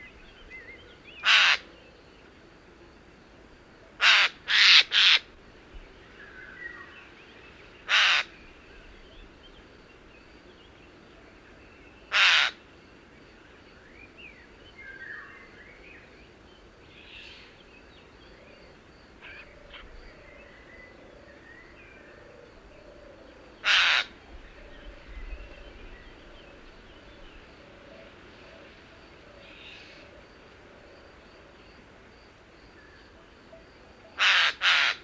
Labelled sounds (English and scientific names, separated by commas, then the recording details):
Eurasian Jay (Garrulus glandarius) call
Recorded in the wild
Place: Dumbraveni, Transilvania, RO
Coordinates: 46.23, 24.575
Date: 1976-06-05 18:00
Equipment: Nagra III BH, Sennheiser MD 21, parabola
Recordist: Schubert, Michael